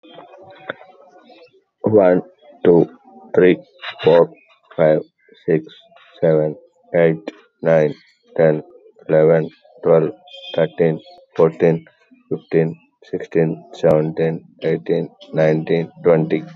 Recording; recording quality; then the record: counting at a normal pace; excellent, no background noise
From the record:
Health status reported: exposed to COVID-19, no respiratory illness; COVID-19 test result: negative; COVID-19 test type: RT-PCR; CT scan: not taken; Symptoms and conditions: cold, loss of smell and taste, hypertension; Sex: male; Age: 39 years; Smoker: no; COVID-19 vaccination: both doses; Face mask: not worn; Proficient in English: yes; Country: India